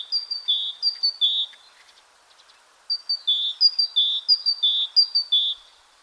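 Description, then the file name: Great tit song: a ringing two-note 'tee-cher' phrase repeated briskly, a longer break, then a longer run of the same clear, see-sawing notes. "Parus major song"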